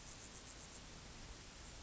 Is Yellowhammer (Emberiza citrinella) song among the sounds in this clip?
no